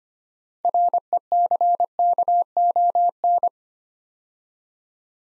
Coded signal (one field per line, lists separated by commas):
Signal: Morse code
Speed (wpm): 25 wpm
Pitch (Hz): 700 Hz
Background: none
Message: RECKON